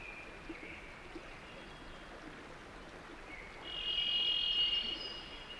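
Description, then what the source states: Varied Thrush giving a held whistled note late, with faint earlier notes and steady stream noise throughout. Singing from a tall aspen above a marshy clearing with a rivulet, Cascade Mountains high country, mid-June thaw; whistles combine with the sound of running water.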